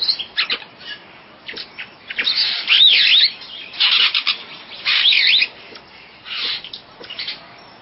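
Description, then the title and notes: Bird song, loud looping whistled phrases rising and falling, in bursts separated by softer chirps. "Bird Sound. Kicau Burung Lengkap"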